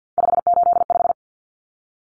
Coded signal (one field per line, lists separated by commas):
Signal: Morse code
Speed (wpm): 50 wpm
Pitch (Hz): 700 Hz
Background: none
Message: 585